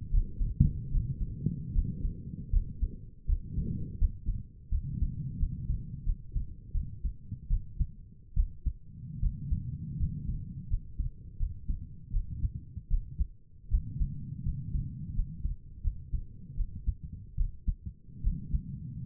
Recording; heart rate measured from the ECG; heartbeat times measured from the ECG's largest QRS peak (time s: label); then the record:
heart sounds by stethoscope; 79 bpm
0.11 s: heartbeat
0.91 s: heartbeat
1.73 s: heartbeat
2.51 s: heartbeat
3.27 s: heartbeat
3.99 s: heartbeat
4.70 s: heartbeat
5.38 s: heartbeat
6.05 s: heartbeat
6.73 s: heartbeat
7.49 s: heartbeat
8.36 s: heartbeat
9.21 s: heartbeat
9.99 s: heartbeat
10.69 s: heartbeat
11.39 s: heartbeat
12.13 s: heartbeat
12.90 s: heartbeat
13.70 s: heartbeat
14.45 s: heartbeat
15.15 s: heartbeat
15.83 s: heartbeat
16.57 s: heartbeat
17.37 s: heartbeat
18.23 s: heartbeat
19.04 s: heartbeat
From the record:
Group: healthy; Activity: Valsalva maneuver 0-1 s, rest 1-19 s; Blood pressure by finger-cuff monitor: 102/61 mmHg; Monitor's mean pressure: 72 mmHg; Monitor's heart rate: 81 bpm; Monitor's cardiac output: 6.7 L/min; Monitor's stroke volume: 81 mL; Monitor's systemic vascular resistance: 780 dyn s/cm5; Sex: female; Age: 22 years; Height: 163 cm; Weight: 67.1 kg